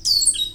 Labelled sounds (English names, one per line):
Stitchbird song